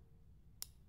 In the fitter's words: so that snapped back into place here now just to do a quick test